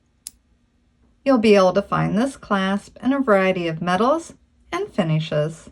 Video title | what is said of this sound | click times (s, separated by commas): How to make a beaded bridal bracelet crystal and pearl bead weaving tutorial / BRIDAL BLISS | and when it's closed all the way, you'll hear a little click. | 0.3 s